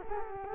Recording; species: mosquito wingbeat signal from an infrared sensor; Culex quinquefasciatus